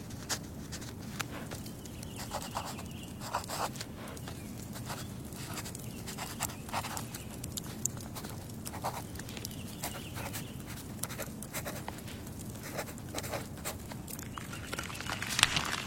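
A wood fire burns with a steady low rumble underneath a constant scatter of small crackles. Sharper pops and snaps break through at irregular moments every second or so, and a louder crack comes near the end.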